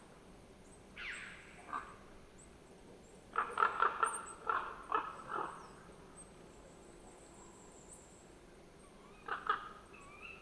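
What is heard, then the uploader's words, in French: A flock of ravens calls while flying toward their night roost. Harsh, croaking calls come in a dense burst from about three to five and a half seconds, with a lone call near one second and another pair near nine and a half seconds, over quiet background hiss. Un vol de corbeaux. Sentier de la Sarcena - Nagra Seven - binaural - mkh8020. Une bande de 50 grands corbeaux qui filent vers leur dortoir pour la nuit. Ils crient beaucoup, virevoltent, font des cabrioles, se chamailles puis s'éloignent.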